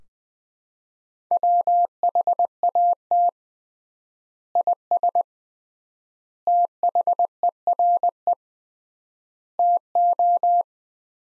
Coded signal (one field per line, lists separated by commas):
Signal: Morse code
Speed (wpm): 21 wpm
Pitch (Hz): 700 Hz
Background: none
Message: WHAT IS THERE TO